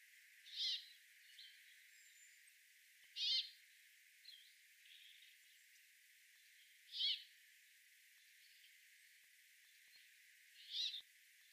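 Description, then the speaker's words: Brambling giving four loud, rasping, wheezy notes spaced about two and a half to four seconds apart, with a few fainter soft notes between them. Wheezy song likened to a greenfinch's: chuck-chuck followed by a rasping zweek, rendered 'bubble and squeak'; rarely heard in the UK. "The brambling's wheezy song is similar to that of the greenfinch. It is a chuck-chuck sound, followed by a rasping zweek."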